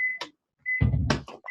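A handheld can opener clamped perpendicular on a metal can is turned until the cut is complete, and it stays latched onto the can. A steady high tone runs under the clip, with a short burst at 0.2 s and a rumbling, grinding stretch from about 0.8 s. A sharp click at 1.1 s marks the opener releasing once the cut is done, followed by a smaller snap at 1.3 s.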